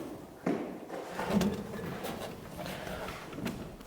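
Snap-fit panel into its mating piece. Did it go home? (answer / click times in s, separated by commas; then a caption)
no / none. A snap-fit panel for a new coop is handled and pushed toward its mating piece, with handling bumps and scrapes around 0.5, 1.2 and 1.4 seconds over low background noise. Nothing has seated or clicked yet; the clip ends just before the part goes home.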